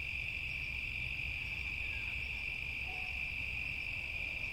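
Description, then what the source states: Crickets chirping in a steady, unbroken high-pitched drone that holds an even pitch throughout, over a low rumbling hiss. Summer evening; sampled and treated recording.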